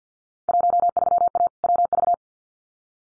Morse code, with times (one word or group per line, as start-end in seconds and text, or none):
0.5-1.5 13A
1.6-2.1 WV